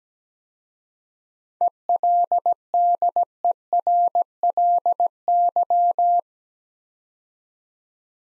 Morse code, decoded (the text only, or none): ELDERLY